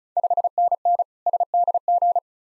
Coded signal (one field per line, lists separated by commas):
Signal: Morse code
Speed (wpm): 36 wpm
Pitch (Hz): 700 Hz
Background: none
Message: 5NN SDG